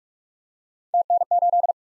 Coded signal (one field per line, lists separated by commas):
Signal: Morse code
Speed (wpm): 47 wpm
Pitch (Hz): 700 Hz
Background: none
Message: TN8